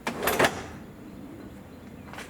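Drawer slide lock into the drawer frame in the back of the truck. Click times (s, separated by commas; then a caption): 0.1 s. A homemade overland drawer in the back of a truck is pushed shut with some force against tight bearings, and its slide lock catches into the drawer frame with a sharp click at 0.1 s. Two louder knocks follow at 0.3 and 0.4 s, then a quiet hum and a fainter knock at 2.1 s. The drawer is seated and locked closed, and the extra force needed means it will stay locked in place.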